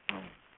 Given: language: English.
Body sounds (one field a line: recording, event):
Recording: throat vibration sensor signal played as sound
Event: throat clearing